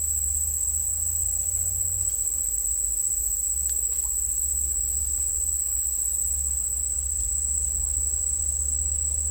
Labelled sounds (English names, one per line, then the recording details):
none
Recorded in secondary vegetation near Puerto Asís, Putumayo, Colombia, on 20 December 2024 at 10:00
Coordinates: 0.484, -76.319
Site GP06